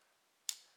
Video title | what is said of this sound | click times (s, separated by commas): MOST POWERFUL LEGO gun Mechanism. | locks into place trigger this is the trigger right here trigger | 0.5 s